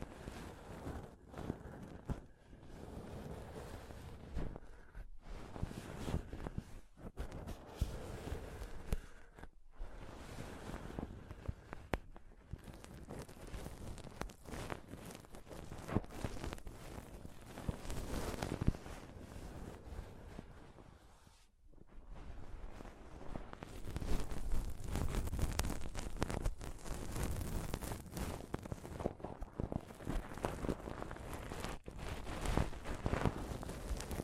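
Intense scratching and touching on a microphone, a dense, restless stream of rough rubbing and crackling with frequent sharp bumps. Brief pauses fall around 5, 10 and 21 seconds, and after the last one the scraping grows louder and brighter, staying busy to the end.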